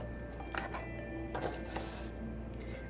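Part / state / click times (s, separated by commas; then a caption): plug adapter into universal power supply / seated / 0.6 s. A country-specific plastic plug adapter is pushed onto the universal power supply of a Cisco Headset 562 base and snaps into place with a sharp click at 0.6 s. A few softer knocks follow around 1.4 s and 1.8 s over a steady tonal background hum. The adapter is seated.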